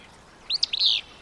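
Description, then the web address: Willow flycatcher giving one short, high phrase: a few clipped notes followed by a burry, sneezy buzz. Song likened to a sneeze. "Birdnote. The Sneeze of Willow Flycatcher"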